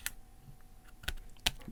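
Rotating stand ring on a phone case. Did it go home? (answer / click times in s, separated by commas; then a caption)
yes / 1.5 s. The rotating stand ring on a Torras Ostand plastic phone case is snapped back into its stowed position. Brief sharp clicks come at about 0.1 s and 1.1 s, then a louder, crisp snap at 1.5 s as the stand seats back in place.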